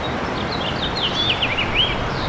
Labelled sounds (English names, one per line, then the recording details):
House Finch song
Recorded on Long Island, New York, on 8 May 2012
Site VS
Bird A